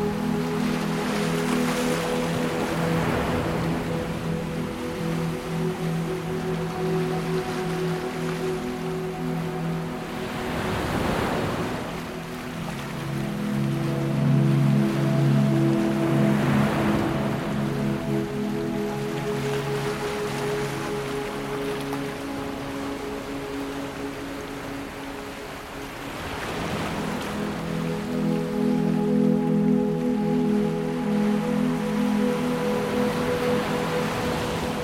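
Ambient music of soft, sustained low tones blended with ocean waves. The chord holds steady, then shifts around eleven seconds and again near twenty-six. Waves wash through every five to eight seconds as hissing swells over a steady sea murmur.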